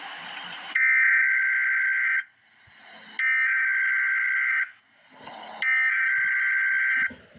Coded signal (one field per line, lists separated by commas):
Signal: Emergency Alert System (SAME) tones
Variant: header bursts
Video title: Emergency Alert System - Special Weather Statement - Oct 21, 2025 at 5:26 PM EDT